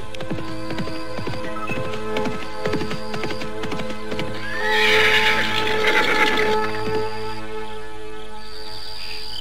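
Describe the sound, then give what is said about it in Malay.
Rapid hoofbeats of a horse galloping toward another rider near the east gate of the city of Karangsedana drum in an uneven rhythm under a steady tonal hum, while a loud, shrill neigh rises in the middle and then fades as the hooves keep pounding. “ketika seekor kuda dari arah depannya berderap menuju ke arah dirinya.”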